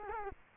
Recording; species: mosquito wingbeat signal from an infrared sensor; Culex quinquefasciatus